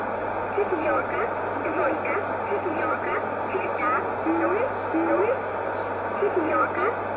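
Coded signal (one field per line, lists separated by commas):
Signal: numbers station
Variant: S11a Cherta, English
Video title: 21 09 2018 S11a Cherta Numbers station in English to Eu 1020 on 7469 unknown tx site in USB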